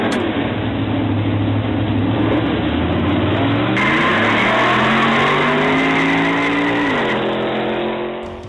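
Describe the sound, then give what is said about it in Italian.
Loud racing car engines rev and roar continuously, the pitch climbing steadily through the gears before dropping sharply, with a gritty mechanical edge and no voices. “Allora, scalda i motori, tu senti che cosa hanno messo per introdurre questo lancio?”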